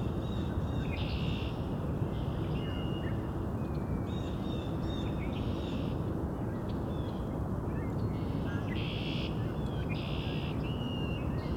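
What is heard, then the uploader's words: Red-winged Blackbirds and other birds sing in repeated bright phrases, with buzzy bursts and trills coming every second or so throughout. Beneath them runs a steady, dense low rumble that never lets up, like constant traffic noise. Today we visit Cootes Paradise in mid-March, and hear Red-winged Blackbirds, in addition to a number of other species. Recorded, engineered, narrated and created by Rob Porter.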